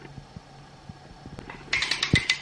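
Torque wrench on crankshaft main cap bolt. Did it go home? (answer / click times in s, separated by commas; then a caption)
no / none. A torque wrench is turned on an oiled crankshaft main cap bolt in a new engine block for a turbo LS VTEC Civic build; the bolt's threads and the underside of its head are oiled so nothing interferes with the torque reading. Over a low steady hum, a burst of sharp ratchet sounds runs from about 1.7 s to 2.3 s. The wrench has not yet broken over at its setting, so nothing has clicked yet.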